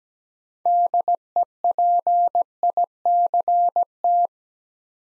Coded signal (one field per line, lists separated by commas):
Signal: Morse code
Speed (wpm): 17 wpm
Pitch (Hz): 700 Hz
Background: none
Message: DEPICT